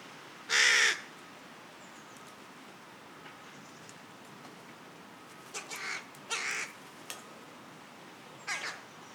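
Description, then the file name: Carrion crow giving one loud raspy caw early on, followed by several fainter, shorter harsh calls later. "Corvus corone"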